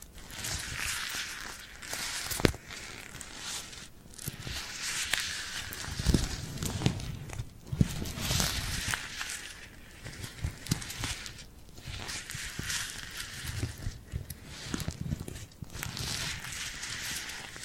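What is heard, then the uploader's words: Crackly hand sounds with sticky peeling and rubbing, bright and crisp, coming in uneven bursts with brief quiet gaps throughout. ASMR Tingly Glued Hand Sounds for Sleep (No Talking).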